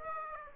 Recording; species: mosquito wingbeat signal from an infrared sensor; Aedes aegypti